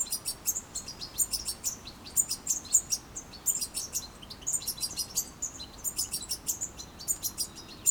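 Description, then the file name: European goldfinch giving high, liquid twittering chirps in dense clusters, several notes per second, with short gaps between bursts. "Carduelis carduelis"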